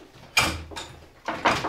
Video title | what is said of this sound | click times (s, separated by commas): Stary odkurzacz Czajka 3 – trochę historii, budowa, akcesoria i próba rozpylaczy | sondern eingeschoben wird und hier einrastet. | 0.4 s